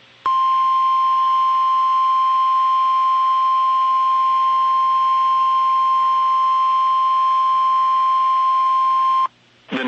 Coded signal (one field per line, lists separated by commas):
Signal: Emergency Alert System (SAME) tones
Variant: 1050 Hz attention tone